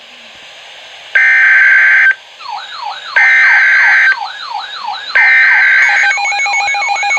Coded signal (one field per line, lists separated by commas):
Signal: Emergency Alert System (SAME) tones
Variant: header bursts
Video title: NOAA - 4 Flood Warnings (EAS #1,060-1,063)